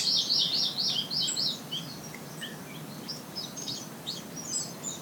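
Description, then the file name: Japanese paradise flycatcher giving a quick run of high repeated notes at the start, then scattered faint notes amid constant background noise. "sankocho"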